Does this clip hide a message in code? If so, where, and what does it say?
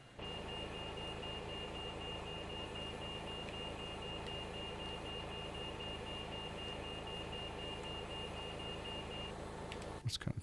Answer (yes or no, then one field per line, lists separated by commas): no